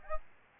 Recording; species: mosquito wingbeat signal from an infrared sensor; Aedes albopictus